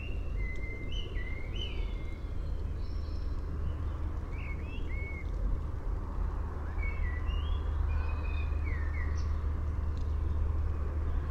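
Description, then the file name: Common blackbird with short fluty phrases and scratchy high twitters repeated every few seconds, set against a heavy, continuous low rumble. "Turdus merula"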